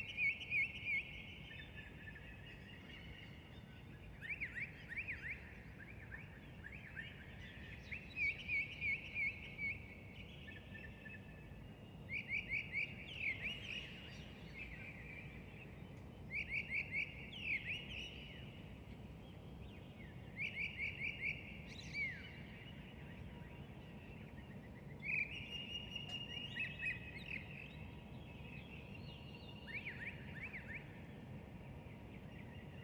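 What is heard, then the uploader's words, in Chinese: Birdsong over a city waking up. Bright chirping phrases repeat every couple of seconds throughout, some rapid and trilled, over a steady low rumble of traffic-like noise that never lets up. A faint thin hum runs beneath the second half. 城市初啼。凌晨5点27分，让我们倾听鸟鸣和城市初醒。公园树上的小鸟。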